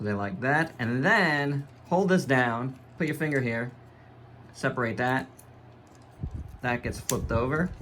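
Someone talks while handling the flip-over plastic part of a Takara Tomy Zoids Wild Knuckle Kong toy model, holding it down, separating it and flipping it over during a mode change. Nothing has seated or clicked yet; the clip ends before the part snaps into place.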